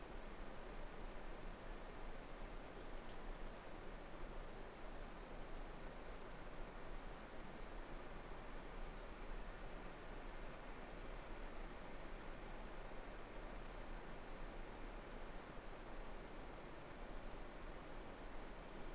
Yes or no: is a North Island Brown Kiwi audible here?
no